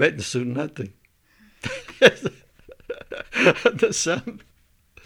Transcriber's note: laughs